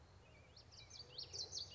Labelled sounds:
Common Yellowthroat (Geothlypis trichas)
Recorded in Sonoma County, California

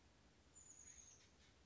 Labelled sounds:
Chestnut-backed Chickadee (Poecile rufescens)
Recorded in Sonoma County, California

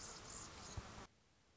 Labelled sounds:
Anna's Hummingbird (Calypte anna)
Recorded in Sonoma County, California

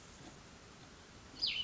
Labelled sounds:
Cassin's Vireo (Vireo cassinii)
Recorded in Sonoma County, California

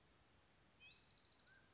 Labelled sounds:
Mountain Quail (Oreortyx pictus)
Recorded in Sonoma County, California

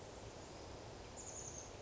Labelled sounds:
Chestnut-backed Chickadee (Poecile rufescens)
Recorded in Sonoma County, California

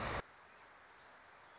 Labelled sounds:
Wilson's Warbler (Cardellina pusilla)
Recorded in Sonoma County, California

